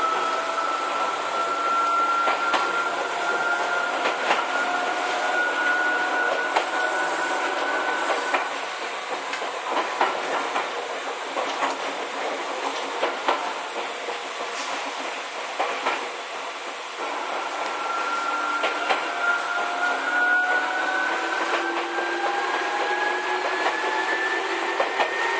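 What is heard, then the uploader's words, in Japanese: An Izukyu 8000 series train running between Izu-Kogen and Izukyu-Shimoda fills the recording with a steady rumbling roar. Whining motor tones rise and fall in pitch throughout, with faint clicks and knocks scattered across the whole stretch. 伊豆急8000系 伊豆高原〜伊豆急下田。全編成が３両編成でJR伊東線の熱海〜伊豆急の伊豆高原は3＋3の6両編成で運転。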